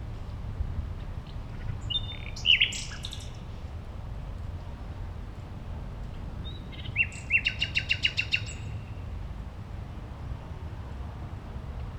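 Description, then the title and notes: Common nightingale song: a short burst of sharp notes, a pause, then a fast pulsing series of repeated notes, over low steady rumble. Singing at a playground on Gartenstraße, Mitte, Berlin, Germany. "Mitte, Berlin, Germany - nachtigall in der gartenstraße. eine nachtigall am spielplatz gartenstraße, a nightingale at playground, gartenstraße"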